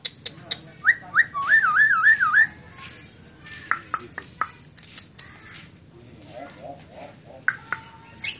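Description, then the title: Nias hill myna whistling a wavering, warbled tone that rises and falls several times, then sharp isolated clicks and chips. Loud, actively singing bird; recording intended as a model for training other songbirds (masteran). "Burung Jalak Nias Gacor Suara Super Gledek Untuk Masteran"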